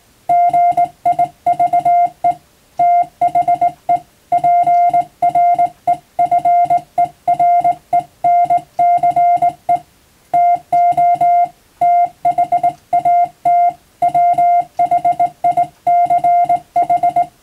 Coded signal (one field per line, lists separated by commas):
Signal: Morse code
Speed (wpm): 20 wpm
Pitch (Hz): 700 Hz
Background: music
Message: GIVE THE PREFERENCE TO THAT WHICH